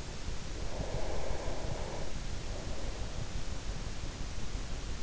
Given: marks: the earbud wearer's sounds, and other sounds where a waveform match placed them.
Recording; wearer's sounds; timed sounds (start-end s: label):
sounds in sleep by an in-ear microphone; breath
0.69-3.79 s: breath